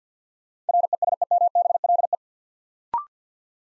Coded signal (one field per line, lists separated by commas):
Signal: Morse code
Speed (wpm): 49 wpm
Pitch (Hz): 700 Hz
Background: none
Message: RESEMBLE